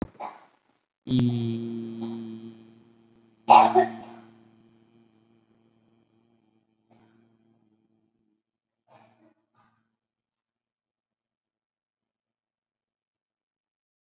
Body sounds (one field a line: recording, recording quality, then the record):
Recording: sustained vowel as in beet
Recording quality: excellent, no background noise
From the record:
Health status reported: COVID-19 positive, mild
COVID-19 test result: positive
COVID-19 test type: RT-PCR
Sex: male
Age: 30 years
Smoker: no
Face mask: not worn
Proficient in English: no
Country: India